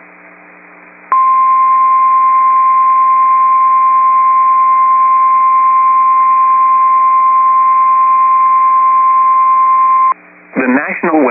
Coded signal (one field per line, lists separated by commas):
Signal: Emergency Alert System (SAME) tones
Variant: 1050 Hz attention tone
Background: speech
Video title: Severe Thunderstorm Warning (Burleigh and Morton Counties, ND) (8/28/24) [EAS #27]